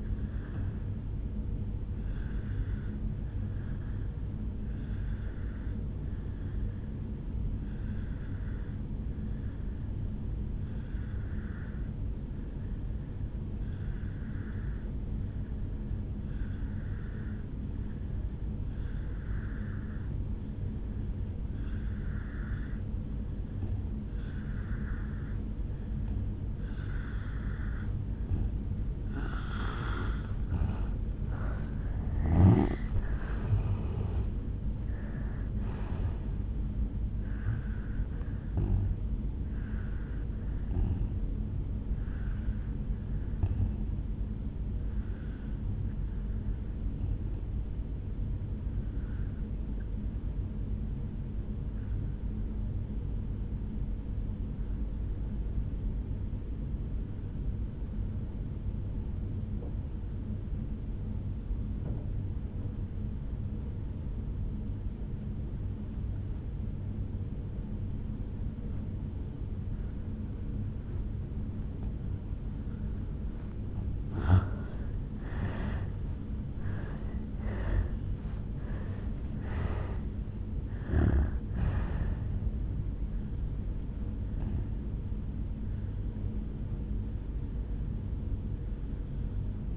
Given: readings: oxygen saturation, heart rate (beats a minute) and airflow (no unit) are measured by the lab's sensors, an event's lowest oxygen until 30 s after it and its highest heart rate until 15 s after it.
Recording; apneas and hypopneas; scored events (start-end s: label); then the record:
breathing in sleep by a smartphone at the bedside; 2
3.00-28.40 s: obstructive apnea (N1, oxygen 94% highest, then 85% lowest, heart rate 59 at the start, 76 highest)
12.00-42.00 s: new sleep stage, N2 (light sleep)
42.00-72.00 s: new sleep stage, N1 (lightest sleep)
50.00-72.70 s: obstructive apnea (N1, oxygen 97% highest, then 83% lowest, heart rate 56 at the start, 76 highest)
72.00-89.77 s: new sleep stage, N2 (light sleep)
From the record:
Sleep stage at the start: N1 (lightest sleep); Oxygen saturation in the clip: 84 to 97%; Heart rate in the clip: 55 to 76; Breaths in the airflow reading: 10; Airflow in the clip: -11.5 to 9.1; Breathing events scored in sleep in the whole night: 449 in 7.0 hours asleep